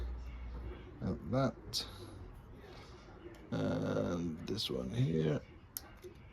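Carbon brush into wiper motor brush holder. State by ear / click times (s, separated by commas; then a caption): seated / 5.8 s. A carbon brush is pushed into the brush holder of a front wiper motor from a Honda CR-V Mk3 / Civic Mk8 during a rebuild, while someone talks. A sharp click sounds at 5.8 seconds as the brush seats, confirmed clicked into place.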